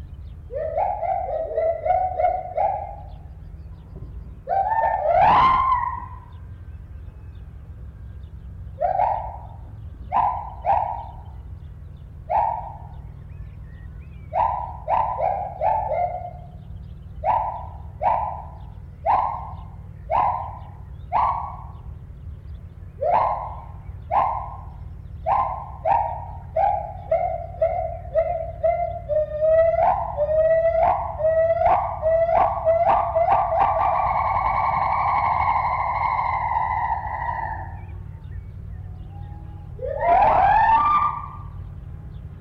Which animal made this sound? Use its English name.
Agile Gibbon